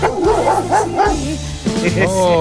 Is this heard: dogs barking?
yes